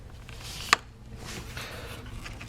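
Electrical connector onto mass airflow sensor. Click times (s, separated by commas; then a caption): 0.7 s. A plastic electrical connector is pushed onto the mass airflow sensor of a Land Rover Discovery Series II during a throttle body heater plate replacement. A single sharp click sounds at 0.7 s as the connector seats, with quieter handling noise before and after.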